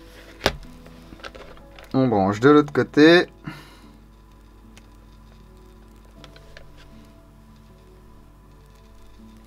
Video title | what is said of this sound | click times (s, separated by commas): Technique - Installation GATE Titan V3 [ENG sub] | petit clic on | 0.5 s